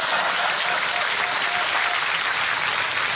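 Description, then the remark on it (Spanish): Steady applause from a crowd, a dense even patter of many hands clapping at constant loudness throughout, with no voices over it. “160 votos, aplausos para nuestros clasiadictos.”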